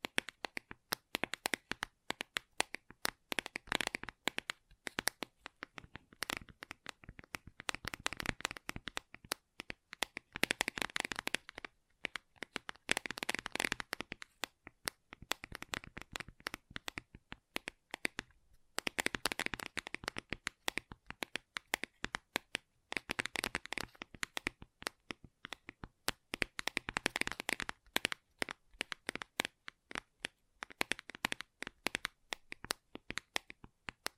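Gentle tapping goes on almost without pause, a dense run of quick, crisp clicks with a bright, papery edge, like fingers on a hard surface. The rhythm comes in bursts, with brief gaps near 9, 18 and 23 seconds.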